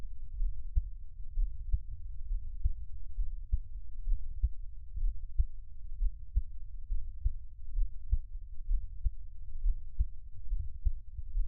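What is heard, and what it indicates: A person's own normal adult heartbeat, close-miked, with steady low thumping beats and no talking.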